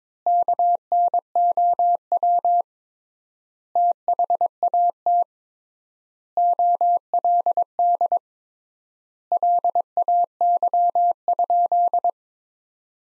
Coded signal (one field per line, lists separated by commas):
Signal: Morse code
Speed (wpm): 22 wpm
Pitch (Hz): 700 Hz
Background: none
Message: KNOW THAT OLD LAY?